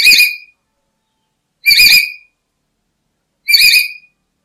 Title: n0r1 kp4la-H1T4M. Nuri merah kepala hitam